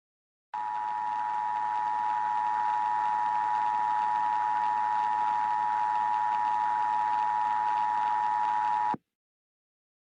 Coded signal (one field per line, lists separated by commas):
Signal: Emergency Alert System (SAME) tones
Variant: 853 and 960 Hz attention tone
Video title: EAS Scenario: Kee hat#s me (FULL)